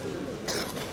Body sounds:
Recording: coughing mixed with background sound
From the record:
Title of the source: 31 night wet cough

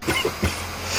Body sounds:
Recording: coughing mixed with background sound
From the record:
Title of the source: Dry Afternoon Cough

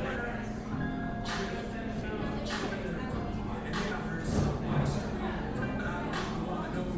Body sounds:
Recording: background sound without coughing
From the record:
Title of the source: 60 minutes of coffee shop sounds for study and concentration

